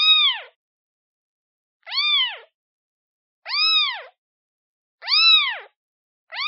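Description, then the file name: Cat: kitten meows, high clear arching calls that rise then drop, repeated about every one and a half seconds, five calls in a row with silence between. Kitten calling for its mother. "Tieng meo con keu tim me"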